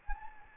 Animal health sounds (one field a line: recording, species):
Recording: mosquito wingbeat signal from an infrared sensor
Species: Anopheles gambiae